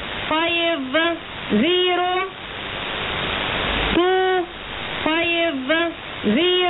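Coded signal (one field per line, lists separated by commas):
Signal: numbers station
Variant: E25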